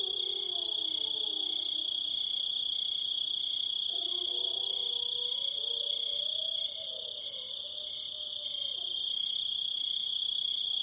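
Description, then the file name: Grasshopper chirping as a steady, high, continuous trill, with faint pulsing above it and lower wavering tones drifting underneath for much. "zvuki kuznechika"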